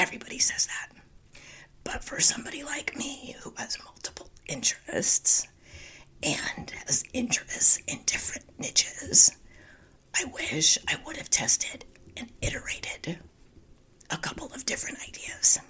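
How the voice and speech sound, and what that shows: Mostly whispered, breathy speech from an adult woman, with little voicing and choppy pauses, fitting spasmodic dysphonia, a voice disorder. She is working to get back into the habit of not whispering.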